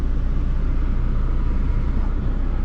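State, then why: Not seated. A dome light wiring connector is lined up by hand at the overhead console lamp of a Mitsubishi Montero/Strada pickup, during a fix for a sunglass holder that won't close and a burnt-out dome light. Only a steady, low broadband rumble like vehicle or engine noise is heard, with no sudden sounds. Nothing has clicked or seated yet.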